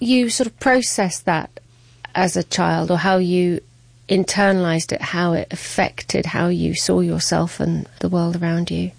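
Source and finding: Adult female interviewer. Fluent speech.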